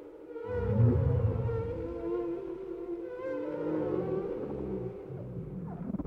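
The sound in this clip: Whale song with layered wavering tonal moans over a low rumbling pulse, steady throughout.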